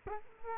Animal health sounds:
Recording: mosquito wingbeat signal from an infrared sensor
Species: Culex quinquefasciatus

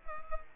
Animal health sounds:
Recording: mosquito wingbeat signal from an infrared sensor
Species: Culex quinquefasciatus

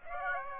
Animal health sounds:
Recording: mosquito wingbeat signal from an infrared sensor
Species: Aedes aegypti

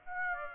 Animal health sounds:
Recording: mosquito wingbeat signal from an infrared sensor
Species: Aedes aegypti

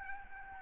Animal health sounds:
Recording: mosquito wingbeat signal from an infrared sensor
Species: Aedes albopictus

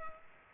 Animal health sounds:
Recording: mosquito wingbeat signal from an infrared sensor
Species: Culex pipiens

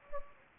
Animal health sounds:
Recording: mosquito wingbeat signal from an infrared sensor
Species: Anopheles gambiae

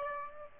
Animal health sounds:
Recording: mosquito wingbeat signal from an infrared sensor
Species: Aedes aegypti

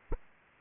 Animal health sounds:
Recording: mosquito wingbeat signal from an infrared sensor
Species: Aedes aegypti

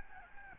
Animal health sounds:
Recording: mosquito wingbeat signal from an infrared sensor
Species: Aedes albopictus

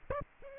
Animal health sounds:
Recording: mosquito wingbeat signal from an infrared sensor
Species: Aedes aegypti

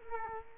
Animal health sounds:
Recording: mosquito wingbeat signal from an infrared sensor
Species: Culex quinquefasciatus

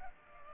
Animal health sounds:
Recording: mosquito wingbeat signal from an infrared sensor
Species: Culex pipiens

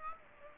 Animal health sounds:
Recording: mosquito wingbeat signal from an infrared sensor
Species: Aedes aegypti

